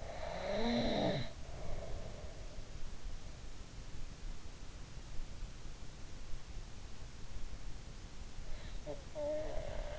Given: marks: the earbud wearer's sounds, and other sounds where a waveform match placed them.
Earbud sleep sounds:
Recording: sounds in sleep by an in-ear microphone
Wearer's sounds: snoring breath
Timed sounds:
0.00-2.41 s: snoring breath
8.80-9.99 s: snoring breath

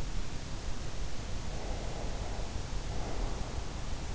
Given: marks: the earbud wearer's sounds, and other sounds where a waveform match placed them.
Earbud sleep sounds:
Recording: sounds in sleep by an in-ear microphone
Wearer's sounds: breath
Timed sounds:
1.38-3.71 s: breath

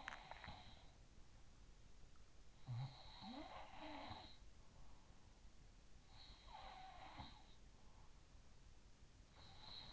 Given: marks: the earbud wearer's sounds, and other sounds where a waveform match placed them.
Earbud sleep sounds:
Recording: sounds in sleep by an in-ear microphone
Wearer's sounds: teeth grinding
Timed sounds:
0.00-0.64 s: teeth grinding
2.64-5.34 s: sound from someone else or the room

